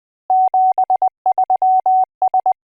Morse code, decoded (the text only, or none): 73S